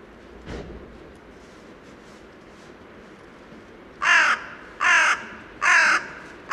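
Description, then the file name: Carrion crow giving a series of rough caws, under a second apart, after a few seconds of faint background noise. "Corvus corone"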